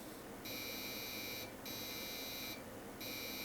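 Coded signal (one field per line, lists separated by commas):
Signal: beep code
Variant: PC BIOS POST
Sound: three long buzzy electronic beeps, about a second each, with brief pauses between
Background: faint background hiss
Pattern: 3 long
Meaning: Three beeps signal a memory (RAM) error at startup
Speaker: And we're getting 3 error beeps. So perhaps it won't run this combination of sims.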